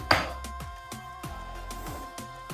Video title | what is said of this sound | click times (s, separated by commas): J'AVANCE vite 😜 (test bluetti parti 3)#kikilenomade | clac clac clac c'est clipsé | 0.1 s